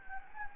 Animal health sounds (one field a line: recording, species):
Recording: mosquito wingbeat signal from an infrared sensor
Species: Anopheles gambiae